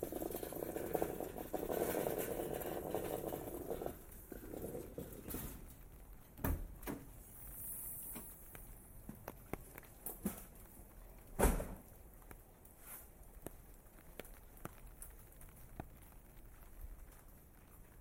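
Footsteps in wooden clogs on wet concrete in the rain in Tokyo, with irregular clacks and bumps scattered throughout. A thicker, murmuring wash of sound fills the first five seconds, then thins out. Sharp loud knocks land near 6.5 and 11.5 seconds.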